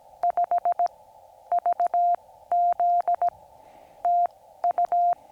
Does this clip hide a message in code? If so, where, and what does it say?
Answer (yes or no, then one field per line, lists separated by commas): yes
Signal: Morse code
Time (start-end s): 0.2-5.1 s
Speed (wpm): 17 wpm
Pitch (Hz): 700 Hz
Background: none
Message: 5 VZ TU